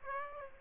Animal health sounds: mosquito wingbeat signal from an infrared sensor; Aedes aegypti

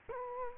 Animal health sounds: mosquito wingbeat signal from an infrared sensor; Culex quinquefasciatus

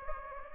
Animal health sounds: mosquito wingbeat signal from an infrared sensor; Anopheles gambiae

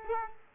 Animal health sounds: mosquito wingbeat signal from an infrared sensor; Culex quinquefasciatus

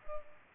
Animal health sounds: mosquito wingbeat signal from an infrared sensor; Culex pipiens

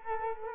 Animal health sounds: mosquito wingbeat signal from an infrared sensor; Culex quinquefasciatus

